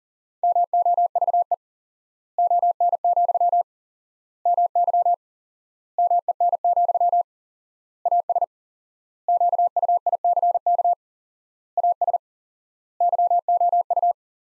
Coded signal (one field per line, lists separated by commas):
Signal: Morse code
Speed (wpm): 40 wpm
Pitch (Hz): 700 Hz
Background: none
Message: MOVE ON, MY MEN, AS QUICK AS YOU